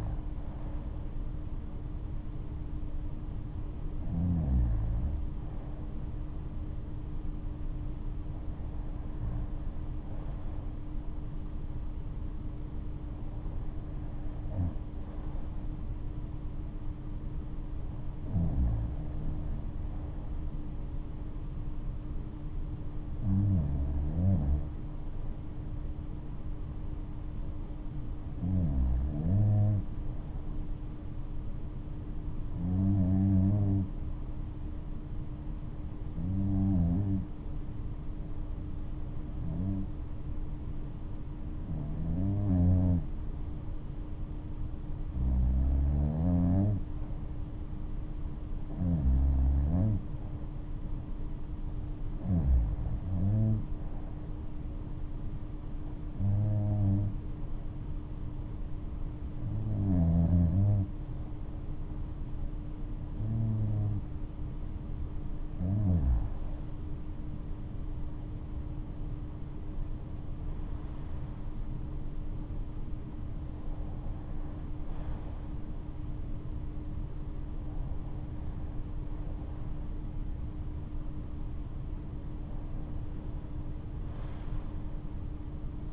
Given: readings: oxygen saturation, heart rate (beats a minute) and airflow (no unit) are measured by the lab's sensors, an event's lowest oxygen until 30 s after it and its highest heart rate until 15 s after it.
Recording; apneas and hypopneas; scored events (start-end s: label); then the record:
breathing in sleep by a smartphone at the bedside; 1
27.00-50.10 s: hypopnea (REM, oxygen 96% highest, then 93% lowest, heart rate 69 at the start, 71 highest)
From the record:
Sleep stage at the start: REM sleep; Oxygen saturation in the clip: 93 to 96%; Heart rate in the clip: 64 to 76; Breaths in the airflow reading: 21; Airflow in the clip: -13.0 to 12.1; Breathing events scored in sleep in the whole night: 228 in 5.4 hours asleep